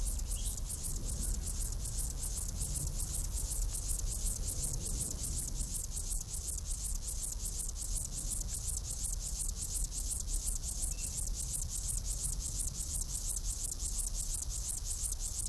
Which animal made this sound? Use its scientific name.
Chorthippus apricarius